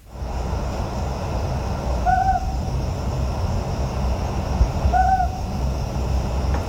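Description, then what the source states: Ryukyu scops owl giving low, mellow hoots, two calls about three seconds apart over a steady low rumble of background noise. Hateruma Island, Japan, at night; call described as low-pitched and hard to hear; recorded nearer than an earlier distant take.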